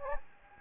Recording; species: mosquito wingbeat signal from an infrared sensor; Anopheles gambiae